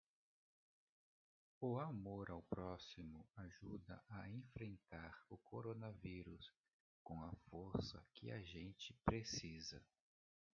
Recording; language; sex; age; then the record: spoken sentence; Brazilian Portuguese; male; 40 to 49 years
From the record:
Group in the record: control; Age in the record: 40 years